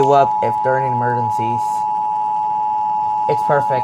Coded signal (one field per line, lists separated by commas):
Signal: Emergency Alert System (SAME) tones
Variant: 853 and 960 Hz attention tone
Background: speech